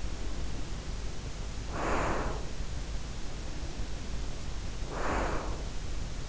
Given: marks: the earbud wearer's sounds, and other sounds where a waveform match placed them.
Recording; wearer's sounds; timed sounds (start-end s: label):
sounds in sleep by an in-ear microphone; breath
0.05-2.78 s: breath
3.20-5.80 s: breath